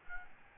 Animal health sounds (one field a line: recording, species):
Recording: mosquito wingbeat signal from an infrared sensor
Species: Aedes albopictus